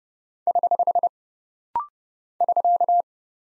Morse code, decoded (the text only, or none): <HH> <SK>